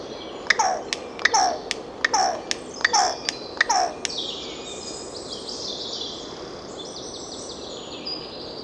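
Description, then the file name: Carrion crow giving a series of five harsh, descending caws at roughly regular intervals over four seconds, with thin high songbird warbling running through the background. "Corvus corone"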